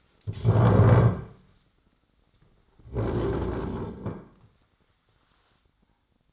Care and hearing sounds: daily activity, microphone in the room; stand up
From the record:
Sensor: 3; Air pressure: 1009.2 hPa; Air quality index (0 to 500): 180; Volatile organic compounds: 3 ppm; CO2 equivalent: 1460 ppm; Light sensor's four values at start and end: 54/139/61/62 and 37/91/41/45

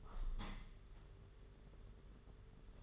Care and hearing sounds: daily activity, microphone in the room; open window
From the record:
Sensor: 4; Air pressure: 992.1 hPa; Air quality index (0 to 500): 100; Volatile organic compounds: 12 ppm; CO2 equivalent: 2356 ppm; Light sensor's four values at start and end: 22/77/28/30 and 22/77/28/30

